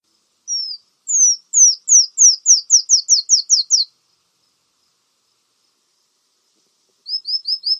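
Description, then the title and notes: Brown-throated sunbird song, a string of thin, high, downward-slurred notes that starts slow and speeds up into a quick even run, then a fresh fast series begins. Actively singing (gacor). "Kolibri Gacor. Kolibri Kelapa"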